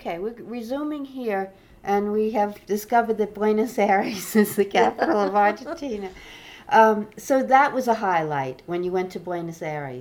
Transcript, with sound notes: We're resuming here, and we have discovered that Buenos Aires is the capital of Argentina. ( they laugh ) Um, so that was a highlight, when you went to Buenos Aires.